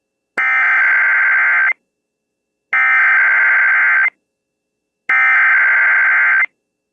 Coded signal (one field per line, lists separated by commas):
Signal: Emergency Alert System (SAME) tones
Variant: header bursts